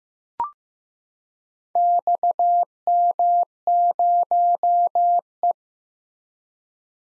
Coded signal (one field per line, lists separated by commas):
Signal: Morse code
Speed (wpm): 15 wpm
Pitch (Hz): 700 Hz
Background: none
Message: XM0E